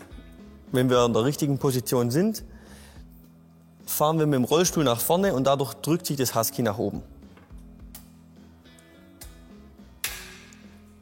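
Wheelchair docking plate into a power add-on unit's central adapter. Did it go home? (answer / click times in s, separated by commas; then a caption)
yes / 10.0 s. A wheelchair is driven forward onto a HUSK-E power add-on unit so its docking plate pushes up into the unit's central adapter. Someone talks over background music, then a few faint knocks are followed by a sharp click at 10.0 s as the metal latch mechanism snaps in and the coupling is seated.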